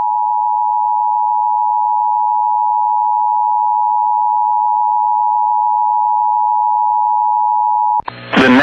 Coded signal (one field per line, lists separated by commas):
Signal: Emergency Alert System (SAME) tones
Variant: 853 and 960 Hz attention tone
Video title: TEXAS, TEXAS, WHY TEXAS... | EAS Alerts from May 6th, 2023 (EAS #2466-2482)